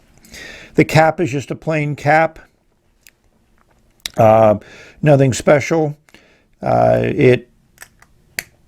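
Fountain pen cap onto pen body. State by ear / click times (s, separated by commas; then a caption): seated / 8.4 s. Someone talks while the plastic cap of a beginner fountain pen is pushed onto the pen body. It snaps shut with one sharp click at 8.4 s, and the cap is seated in place.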